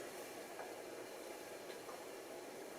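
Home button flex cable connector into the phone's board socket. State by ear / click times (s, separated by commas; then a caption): not seated / none. A home button flex cable on an iPhone SE (2nd Gen) is routed under and its connector lined up over its socket on the phone's board, just before being pressed home. Only a steady broadband hiss is heard, with faint soft handling marks around 0.6 s and 1.7 s. The connector has not clicked or seated yet.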